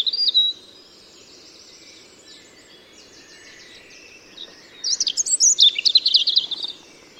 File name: Erithacus rubecula